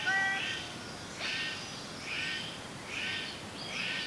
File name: suara cenderawasih biru paradisaea rudolphi